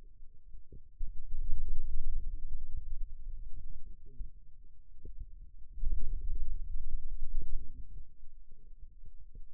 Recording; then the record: forearm muscle sounds (acoustic myography)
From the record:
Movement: finger pinch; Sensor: system 2, bracelet of six BSWA MPA416 microphones around the upper forearm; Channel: 2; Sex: male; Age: 22 years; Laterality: right